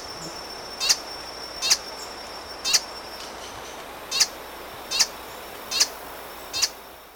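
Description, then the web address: Green hermit calls: sharp, very high single chips repeated roughly once a second over a steady faint hiss. Recorded in Ecuador. "Birds of Ecuador. Green Hermit"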